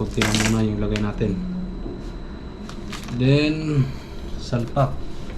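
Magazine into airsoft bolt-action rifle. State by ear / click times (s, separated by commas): not seated / none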